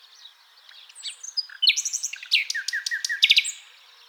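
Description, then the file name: Common nightingale song: varied phrases of sharp high whistles, then a run of quick repeated descending notes and bright clicking bursts. "Luscinia megarhynchos"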